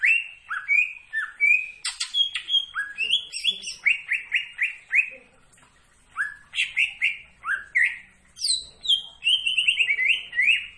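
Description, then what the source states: Greater green leafbird singing continuously, a fast jumble of slurred whistles, sharp upswept notes and chattering trills with a brief pause midway. Singing actively.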